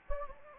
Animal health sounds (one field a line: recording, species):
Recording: mosquito wingbeat signal from an infrared sensor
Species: Anopheles gambiae